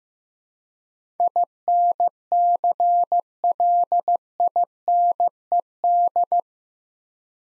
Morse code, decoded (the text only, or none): INCLINED